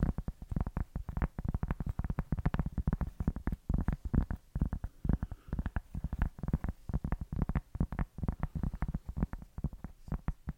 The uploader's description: one trigger only tapping (Holz, Glas, etc.)